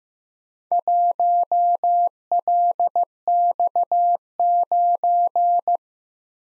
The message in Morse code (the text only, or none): 1LX9